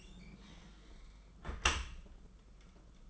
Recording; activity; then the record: daily activity, microphone in the room; close dishwasher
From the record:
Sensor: 5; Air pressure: 991.5 hPa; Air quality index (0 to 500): 111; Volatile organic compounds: 29 ppm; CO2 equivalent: 2927 ppm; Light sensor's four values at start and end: 39/124/47/50 and 38/122/46/50